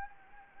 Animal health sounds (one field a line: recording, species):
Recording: mosquito wingbeat signal from an infrared sensor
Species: Anopheles gambiae